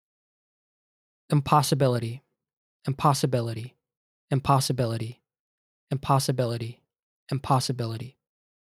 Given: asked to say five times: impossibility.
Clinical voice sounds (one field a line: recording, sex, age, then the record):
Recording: repeated word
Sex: male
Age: 20 to 29 years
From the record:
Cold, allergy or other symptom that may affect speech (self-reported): no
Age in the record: 26 years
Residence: Virginia, United States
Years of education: 16